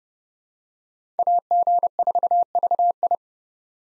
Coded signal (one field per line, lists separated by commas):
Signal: Morse code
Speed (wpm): 30 wpm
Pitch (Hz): 700 Hz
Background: none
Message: AG4VI